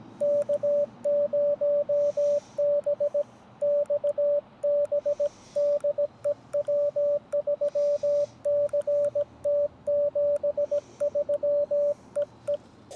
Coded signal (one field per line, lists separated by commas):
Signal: Morse code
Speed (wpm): 17 wpm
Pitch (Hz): 580 Hz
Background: radio noise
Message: K0BXB DE W3CT 73 EE